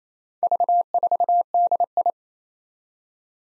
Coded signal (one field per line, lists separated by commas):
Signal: Morse code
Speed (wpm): 28 wpm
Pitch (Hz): 700 Hz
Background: none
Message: V4DI